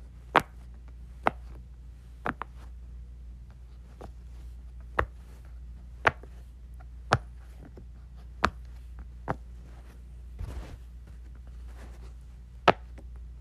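A Pop-It toy is pressed, giving sharp little pops at irregular intervals, roughly one every second or so, with a couple of quick doubles and a brief scuffling patch near ten seconds. A steady low hum runs underneath throughout.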